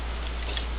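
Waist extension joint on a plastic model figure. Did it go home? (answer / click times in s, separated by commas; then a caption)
no / none. The pull-out waist extension joint on a plastic 1/60 Perfect Grade Strike Gundam model figure is handled as it is raised toward its locking position. Only faint, light ticks are heard over a steady low background noise. The joint has not locked into position yet; nothing has seated or clicked.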